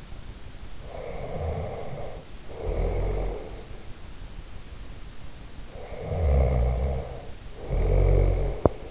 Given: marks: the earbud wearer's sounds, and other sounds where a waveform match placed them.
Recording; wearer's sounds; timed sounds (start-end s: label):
sounds in sleep by an in-ear microphone; snoring breath
0.74-3.74 s: snoring breath
5.49-8.91 s: snoring breath